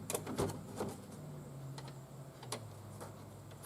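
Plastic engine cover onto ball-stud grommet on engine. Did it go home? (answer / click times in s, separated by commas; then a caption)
no / none. A plastic engine cover on an Audi Q7 2.0T is handled and pressed toward its ball-stud mounting grommet on the other side of the engine after an oil change. Light plastic knocks and taps are heard, with a few sharp clicks near the start and around 2.5 seconds. Nothing has seated or clicked home yet.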